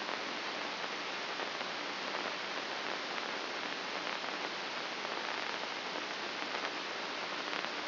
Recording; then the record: brain microelectrode recording played as sound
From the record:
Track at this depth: inside the subthalamic nucleus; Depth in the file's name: 4.63 mm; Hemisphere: left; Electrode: 2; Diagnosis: Parkinson's disease